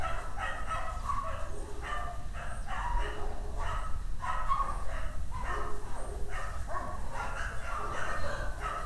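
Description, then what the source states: Dog barking in a long series of sharp barks over continuous low background noise. Dogs barking on the Escalera Morrison stairway in Valparaíso; recorded with a Tascam DR-100mk II.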